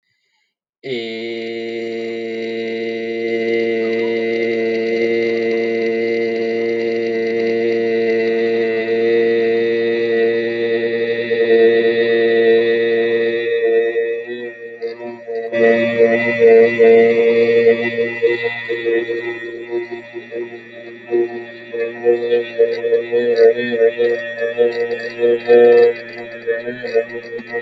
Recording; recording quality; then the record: sustained vowel as in made; excellent, no background noise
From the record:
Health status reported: healthy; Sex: male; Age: 32 years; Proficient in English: yes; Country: India